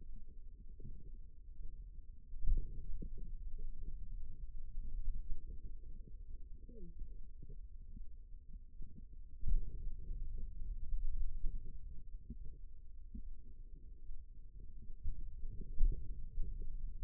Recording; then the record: forearm muscle sounds (acoustic myography)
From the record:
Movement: finger pinch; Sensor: system 2, bracelet of six BSWA MPA416 microphones around the upper forearm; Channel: 4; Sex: female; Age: 25 years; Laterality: right